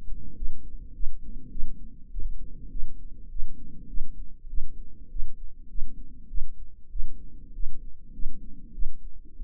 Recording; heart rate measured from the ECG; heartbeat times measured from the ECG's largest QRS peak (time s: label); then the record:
heart sounds by microphone in the right ear; 100 bpm
0.37 s: heartbeat
0.94 s: heartbeat
1.51 s: heartbeat
2.10 s: heartbeat
2.71 s: heartbeat
3.30 s: heartbeat
3.89 s: heartbeat
4.49 s: heartbeat
5.10 s: heartbeat
5.69 s: heartbeat
6.29 s: heartbeat
6.91 s: heartbeat
7.54 s: heartbeat
8.13 s: heartbeat
8.74 s: heartbeat
9.35 s: heartbeat
From the record:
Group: healthy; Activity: rest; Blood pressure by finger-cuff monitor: 131/86 mmHg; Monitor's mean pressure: 98 mmHg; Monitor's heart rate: 102 bpm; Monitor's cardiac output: 7.4 L/min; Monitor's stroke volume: 75 mL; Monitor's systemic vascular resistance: 990 dyn s/cm5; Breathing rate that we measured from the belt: 26 breaths a minute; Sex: female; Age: 22 years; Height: 163 cm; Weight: 67.1 kg